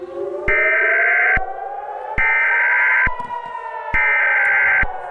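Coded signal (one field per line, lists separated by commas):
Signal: Emergency Alert System (SAME) tones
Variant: header bursts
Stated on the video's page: Fictional EAS scenario, edited in Filmora X.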